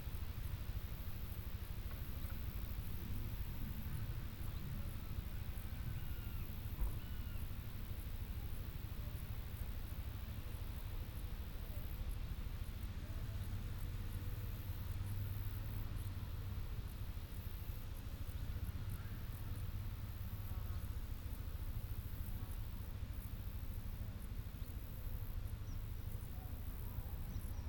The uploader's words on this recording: Steam train stops at country station. It's a perfect Shropshire August day. We took this sound photograph of a steam train passing through Arley station last month. Balmy country sounds.